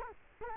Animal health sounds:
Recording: mosquito wingbeat signal from an infrared sensor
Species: Culex quinquefasciatus

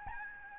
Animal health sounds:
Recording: mosquito wingbeat signal from an infrared sensor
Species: Aedes albopictus

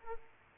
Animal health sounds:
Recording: mosquito wingbeat signal from an infrared sensor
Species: Aedes aegypti

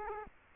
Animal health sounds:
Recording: mosquito wingbeat signal from an infrared sensor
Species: Culex quinquefasciatus

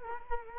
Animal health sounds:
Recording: mosquito wingbeat signal from an infrared sensor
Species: Culex quinquefasciatus

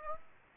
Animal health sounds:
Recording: mosquito wingbeat signal from an infrared sensor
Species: Aedes aegypti

